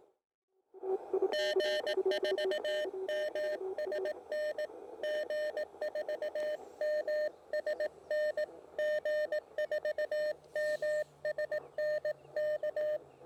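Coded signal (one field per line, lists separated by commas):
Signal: Morse code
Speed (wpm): 18 wpm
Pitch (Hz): 590 Hz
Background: none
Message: G4MSN G4MSN G4MSN K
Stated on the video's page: CW sent at QRP power on 20, 40 and 60 m, field-testing a Rybakov antenna.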